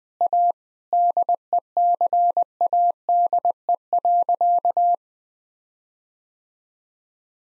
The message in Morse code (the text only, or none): A DECADE.